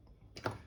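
A small retaining clip over a freshly seated connector on the logic board inside a 2015 MacBook Pro, opened for battery replacement, is pressed down. It gives a sharp click at 0.4 s, followed by a louder tap at about 0.5 s. The clip seats.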